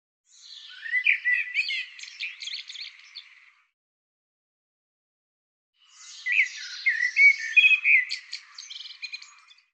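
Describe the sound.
Bird song: two complex phrases of slurred whistles mixed with buzzy, rattling notes, separated by a few seconds of silence.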